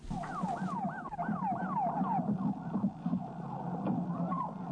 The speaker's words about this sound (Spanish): Vamos a un separador, un tema.